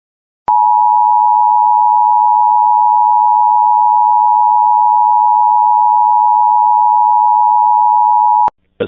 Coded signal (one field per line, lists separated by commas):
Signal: Emergency Alert System (SAME) tones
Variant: 853 and 960 Hz attention tone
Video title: Evacuation immediate in Florida EAS #22